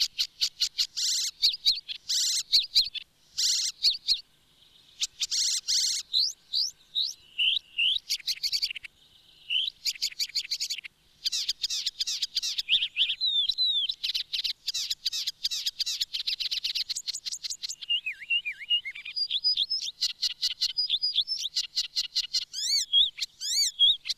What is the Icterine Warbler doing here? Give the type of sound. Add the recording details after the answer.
song. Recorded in the wild. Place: Montreux, Kanton Waadt, CH. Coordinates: 46.4586, 6.49. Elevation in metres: 1154. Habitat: mountains. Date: 1986-05-22. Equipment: Uher 4000 Report, Sennheiser MKH 815 T. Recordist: Tretzel, Erwin